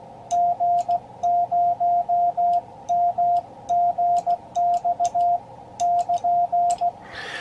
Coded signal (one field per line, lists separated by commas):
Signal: Morse code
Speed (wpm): 16 wpm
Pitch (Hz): 700 Hz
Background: radio noise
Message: G0MGX<KN>